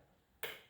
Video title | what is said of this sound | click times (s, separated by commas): How To Keep From Stripping Screw Threads on Chromatic Harmonica | until you hear a click | 0.4 s